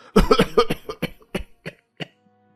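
An old man's long coughing fit as he tells a story: a rapid, harsh cluster of coughs at first, then slower, separate hacks spaced further apart, gradually weakening until it trails off.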